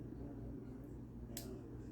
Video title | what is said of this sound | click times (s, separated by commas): “SpeedoDRD Install on My XPro BD250-5 - No More Wrong Speed Readings!” | पता चलता है कि वह अंदर है। यह क्लिक करेगा। ठीक | 1.4 s